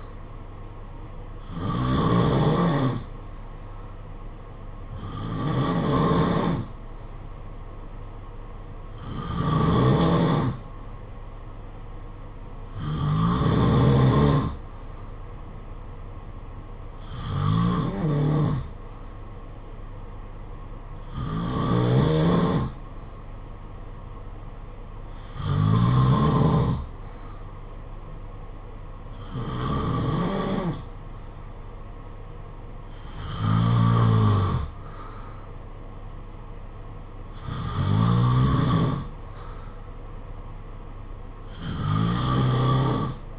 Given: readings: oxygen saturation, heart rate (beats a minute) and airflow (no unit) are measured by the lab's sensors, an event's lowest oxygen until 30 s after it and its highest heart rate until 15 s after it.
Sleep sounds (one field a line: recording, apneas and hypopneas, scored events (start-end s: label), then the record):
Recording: breathing in sleep by a smartphone at the bedside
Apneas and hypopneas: none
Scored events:
none scored
From the record:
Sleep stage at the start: N2 (light sleep)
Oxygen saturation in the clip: 87 to 92%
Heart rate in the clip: 51 to 58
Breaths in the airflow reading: 11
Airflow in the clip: -5.8 to 6.0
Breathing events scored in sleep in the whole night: 476 in 9.7 hours asleep